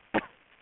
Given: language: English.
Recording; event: throat vibration sensor signal played as sound; cough